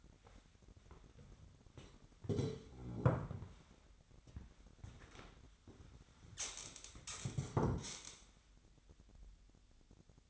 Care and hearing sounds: daily activity, microphone in the room; sit down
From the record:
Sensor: 3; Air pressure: 1007.9 hPa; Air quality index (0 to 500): 191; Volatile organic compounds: 14 ppm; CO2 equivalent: 2451 ppm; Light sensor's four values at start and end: 12/29/12/12 and 12/29/12/12

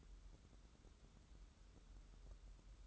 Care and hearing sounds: daily activity, microphone in the room; take from stove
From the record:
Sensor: 3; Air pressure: 994.4 hPa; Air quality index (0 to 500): 211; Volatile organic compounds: 1000 ppm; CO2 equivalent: 7057 ppm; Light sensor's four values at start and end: 198/477/201/199 and 198/477/201/199

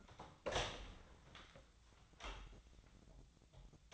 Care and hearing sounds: daily activity, microphone in the room; open door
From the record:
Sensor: 3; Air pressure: 1009.2 hPa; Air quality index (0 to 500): 192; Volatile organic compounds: 4 ppm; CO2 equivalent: 1545 ppm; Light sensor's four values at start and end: 49/129/56/57 and 49/129/56/57

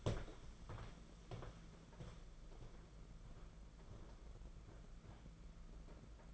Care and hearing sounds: daily activity, microphone in the room; walk to room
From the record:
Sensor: 5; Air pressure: 992.2 hPa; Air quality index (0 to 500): 214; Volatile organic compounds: 1000 ppm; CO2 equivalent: 6213 ppm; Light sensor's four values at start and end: 6/16/6/7 and 7/17/6/7

